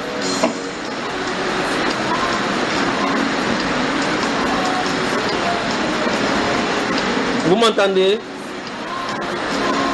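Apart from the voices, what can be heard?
heavy rain falling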